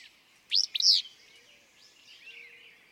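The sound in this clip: Willow flycatcher song: a single sharp, burry two-part phrase, a quick rising note then a buzzy slurred one, with faint chirps of other birds behind.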